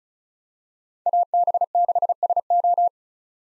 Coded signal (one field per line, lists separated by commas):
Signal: Morse code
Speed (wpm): 34 wpm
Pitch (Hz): 700 Hz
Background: none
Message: AB6SO